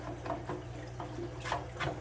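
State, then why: Not seated. A black plastic motor unit is slid from the back into the body of a Seachem Tidal hang-on-back aquarium filter (55, 75 or 110 size) and lined up before being pushed home. Soft plastic scraping and light handling taps are heard, with sharper knocks at 0.3 s and 1.0 s and more around 1.5 s and 1.9 s. Nothing has seated or clicked yet.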